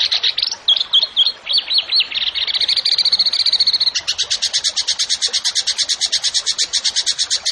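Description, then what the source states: Bird song: high looping whistled notes, then a dense buzzing trill, then a fast even train of sharp repeated chips. Songbird singing actively (gacor) in 'tembakan' style, for training songbirds (masteran).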